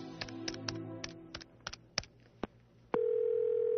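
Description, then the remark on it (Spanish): A string of sharp clicks and taps as the phone number of the Spanish Chancellery is punched in, about a dozen uneven presses, then a steady, loud, unbroken dial tone takes over and holds. “Antes de acostarme, y en previsión de que mi teléfono estuviera intervenido, marqué el número de la Cancillería Española.”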